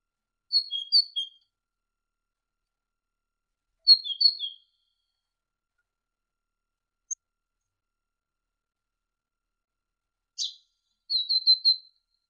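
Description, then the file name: Great tit giving a few short, quiet phrases of high notes with long silences between, plus a brief click. Masteran recording: a training recording for songbirds. "suara masteran great tit"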